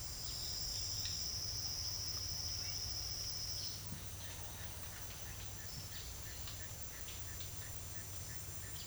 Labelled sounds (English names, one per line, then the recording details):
none
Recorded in secondary vegetation near Puerto Asís, Putumayo, Colombia, on 8 March 2025 at 09:00
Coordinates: 0.498, -76.327
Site G001